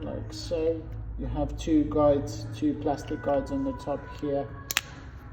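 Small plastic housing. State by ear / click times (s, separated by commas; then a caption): seated / 4.7 s, 4.8 s. Someone talks while the plastic cover half of a 2018-or-later Ford car key fob is lined up on its two plastic guides after a battery change and pressed shut onto the key body. Two sharp, short clicks follow at 4.7 s and 4.8 s as the key fob housing snaps closed and seats.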